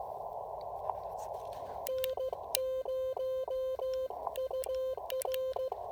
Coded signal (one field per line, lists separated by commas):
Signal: Morse code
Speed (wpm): 15 wpm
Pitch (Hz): 520 Hz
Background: music, radio noise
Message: N0UR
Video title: POTA activation with the Elecraft KX3 and AX1 Antenna: How far can I shoot my 10 watt signal?